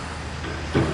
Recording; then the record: background sound without coughing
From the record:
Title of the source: 30 MINUTES Construction Site Ambience (CC BY 4.0)